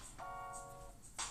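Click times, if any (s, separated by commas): none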